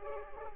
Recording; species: mosquito wingbeat signal from an infrared sensor; Culex pipiens